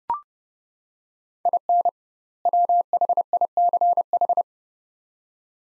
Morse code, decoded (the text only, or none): IN WHICH